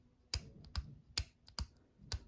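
An inlet water filter cap with a rubber gasket is twisted about 10 degrees in a tankless water heater housing, clicking sharply as it passes the notches at 0.3, 0.8, 1.2, 1.6 and 2.1 seconds, with a fainter tick at 1.5 seconds. The twist-lock cap releases and can be pulled out.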